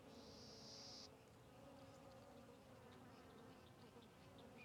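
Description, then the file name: Fly: flies droning steadily at low pitch, and a high insect-like whine during the first second. Several flies circling a tree; ambience recorded on the Sertão Zen trail. "Ambiencia na Trilha do Sertao Zen com Moscas Circudando Arvore"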